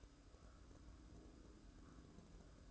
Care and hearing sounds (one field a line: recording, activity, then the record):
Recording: daily activity, microphone in the room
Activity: take from stove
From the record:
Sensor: 2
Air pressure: 1007.8 hPa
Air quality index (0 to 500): 103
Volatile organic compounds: 1 ppm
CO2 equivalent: 778 ppm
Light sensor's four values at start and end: 6/15/6/6 and 6/15/6/6